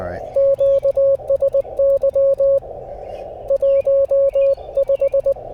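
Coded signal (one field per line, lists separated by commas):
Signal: Morse code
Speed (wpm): 20 wpm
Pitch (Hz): 550 Hz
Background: radio noise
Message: QSY 15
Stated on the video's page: CW Parks on the Air activation with FT-891 and Wolf River Coil antenna.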